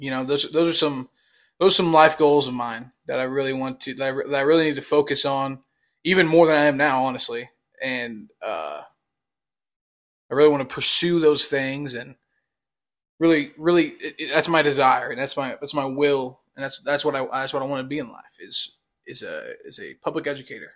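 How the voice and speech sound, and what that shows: Adult male speaker with stuttering: conversational speech with word and phrase repetitions and restarts ("I really want to, that I really need to", "really, really", "that's my, that's my"), prolonged sounds and long pauses.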